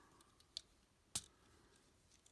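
A plastic wing on a LupinKaiser Mini Pla toy robot is swung back on its hinge so its peg snaps into the side of the robot's body. A sharp click is heard at 0.6 s and a louder snap at 1.2 s, with faint ticks around them. The peg ends up seated in the body.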